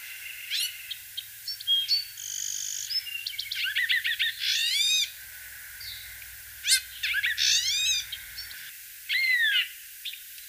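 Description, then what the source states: Plumbeous vireo secondary song, a jumbled run of chattering notes and quick rising and falling slurred whistles, delivered in bursts with short pauses between them. Secondary song, recorded in 1999, with car noise filtered out.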